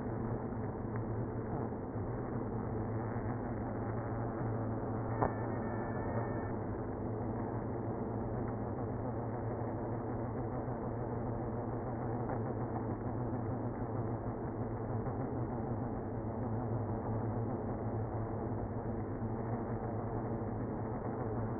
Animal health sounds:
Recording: honeybee colony, microphone inside the hive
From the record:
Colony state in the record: queenless (queen removed)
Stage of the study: after two queens were removed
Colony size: about 60,000 bees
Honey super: yes

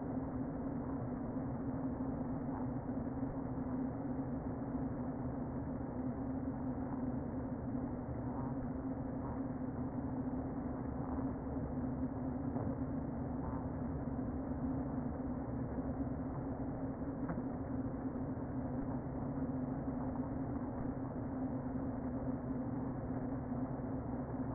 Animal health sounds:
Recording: honeybee colony, microphone inside the hive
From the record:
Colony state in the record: queen present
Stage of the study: before two queens were removed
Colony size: about 60,000 bees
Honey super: yes

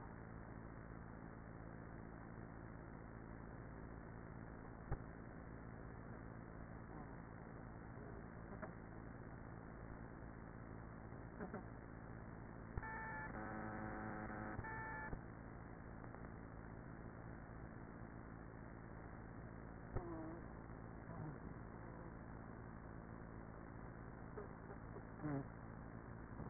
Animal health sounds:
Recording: honeybee colony, microphone inside the hive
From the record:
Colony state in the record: queenless with a low population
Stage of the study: after two queens were removed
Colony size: about 30,000 bees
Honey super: no

